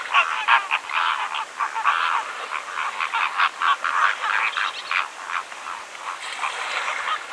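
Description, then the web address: Greater flamingos honking in a crowd, a continuous goose-like gabble of nasal, harsh notes several per second, rising and falling in loudness. "chant xeno-canto flamant rose"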